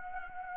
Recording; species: mosquito wingbeat signal from an infrared sensor; Anopheles gambiae